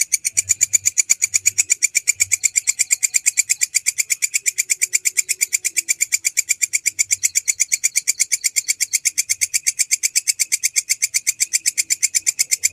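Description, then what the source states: Canary singing one unbroken, fast trill of bright, rattling notes that holds an even rhythm and loudness throughout. Long-duration song used as masteran (bird tutor) material.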